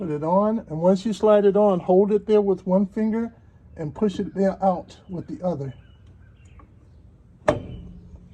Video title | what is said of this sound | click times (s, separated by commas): Replace Dodge Ram rear axle seal | now it's locked into place | 7.5 s